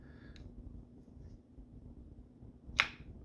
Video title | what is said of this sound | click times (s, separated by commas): 01-06 Sebring/Stratus 03-10 Ram Door Lock Actuator surgery or Autopsy with part of the numbers. | click door's open | 2.8 s